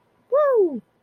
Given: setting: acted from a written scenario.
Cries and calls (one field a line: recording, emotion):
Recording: vocal sound without words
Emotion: pride